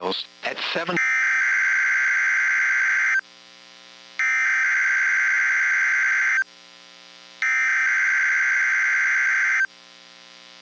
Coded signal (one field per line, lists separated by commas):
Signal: Emergency Alert System (SAME) tones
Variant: header bursts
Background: speech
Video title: Weather Radio Wednesday RWTs (EAS #965-#975)